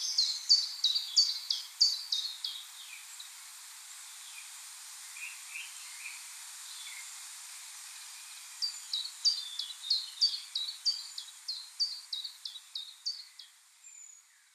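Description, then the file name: Common blackbird giving rapid series of sharp, high, downslurred ticking notes, about three per second, pausing midway then resuming, with faint lower chirps in between. "Turdus merula"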